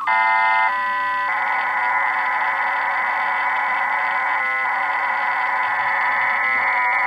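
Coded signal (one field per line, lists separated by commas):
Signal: digital SSTV (DRM)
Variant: HamDRM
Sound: brief chord of steady tones, then continuous even rushing hiss with two short dips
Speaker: klikneme na transmit a uvidíme jak to pojede tady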